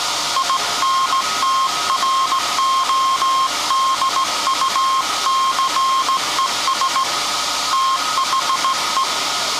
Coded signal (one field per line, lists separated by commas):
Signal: Morse code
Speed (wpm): 17 wpm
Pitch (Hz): 1070 Hz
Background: none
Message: INTRODUCES THE